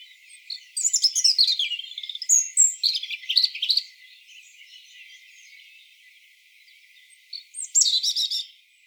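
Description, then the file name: European robin song: a varied warbling phrase of high, glittering notes, several seconds of quiet, then a second phrase begins. "Erithacus rubecula"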